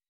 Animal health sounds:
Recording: hydrophone in a shrimp aquaculture tank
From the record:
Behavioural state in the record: weakened

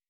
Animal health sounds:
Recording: hydrophone in a shrimp aquaculture tank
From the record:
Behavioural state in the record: weakened

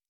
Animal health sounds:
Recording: hydrophone in a shrimp aquaculture tank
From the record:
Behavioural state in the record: normal

